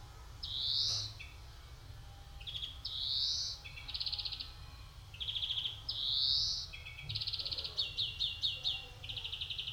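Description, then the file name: European greenfinch song mixing rising nasal wheezes with bursts of fast rattling trills, the trills growing longer and more frequent toward the end. "Chloris chloris"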